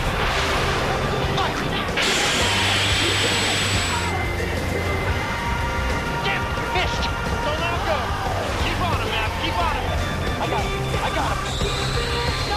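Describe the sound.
Inside the cockpit of an F-14 Tomcat, a steady roar and low rumble fill the whole clip at an even level. From about two to four seconds a brighter hiss swells with a high whine on top, and scattered chirps and tones pass through the middle and later parts.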